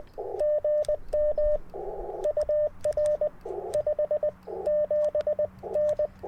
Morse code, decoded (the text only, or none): GM UR 57N